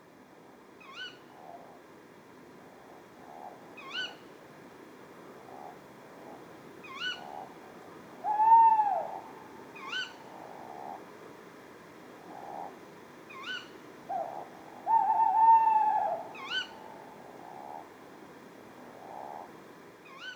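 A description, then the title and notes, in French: A pair of tawny owls calls, sharp rising kee-wick notes every few seconds over low quavering hoots, with two louder calls near 8 and 15 seconds. Etang de Beaumont - Drôme - Nagra seven - Telinga pro7 stéréo. Cela fait une heure que je cherche à contourner le dévidoir de l'étang pour trouver un lieu propice à enregistrer correctement des crapauds et c'est un couple de Chouette hulotte (Strix aluco) qui va faire le spectacle.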